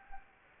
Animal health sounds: mosquito wingbeat signal from an infrared sensor; Anopheles gambiae

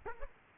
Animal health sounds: mosquito wingbeat signal from an infrared sensor; Aedes aegypti

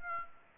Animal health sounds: mosquito wingbeat signal from an infrared sensor; Aedes aegypti

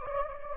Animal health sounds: mosquito wingbeat signal from an infrared sensor; Anopheles gambiae

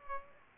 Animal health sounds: mosquito wingbeat signal from an infrared sensor; Aedes aegypti

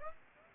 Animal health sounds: mosquito wingbeat signal from an infrared sensor; Aedes aegypti

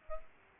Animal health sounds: mosquito wingbeat signal from an infrared sensor; Culex pipiens

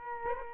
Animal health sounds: mosquito wingbeat signal from an infrared sensor; Culex quinquefasciatus

